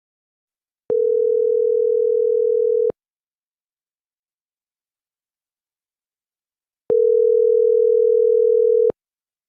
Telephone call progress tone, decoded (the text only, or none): ringback tone